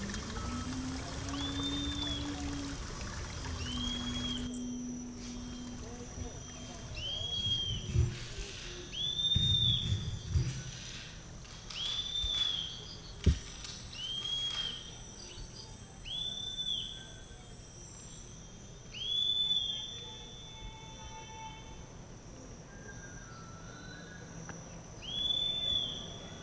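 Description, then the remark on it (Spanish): Birds sing in a neighbourhood in short, high, arching whistles repeated every couple of seconds with pauses between, over a steady low hum of engines. “Téngase y escuche, escuche zumbidos y motores, cantos de pájaros y pausas entre los cantos de los pájaros.”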